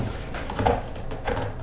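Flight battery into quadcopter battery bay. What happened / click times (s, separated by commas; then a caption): The battery pack slid home and seated / 0.7 s. A flight battery is pushed, label up, into the battery bay at the back of a Yuneec Q500 quadcopter. It slides in with a few light scraping knocks, then gives a sharp click at 0.7 s as it seats in place. A few softer knocks follow afterward.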